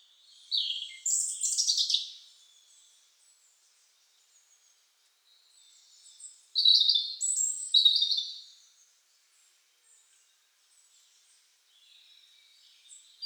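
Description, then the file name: European robin song: two separated bursts of high warbling and trilling notes with a quiet gap and faint notes between. "Erithacus rubecula"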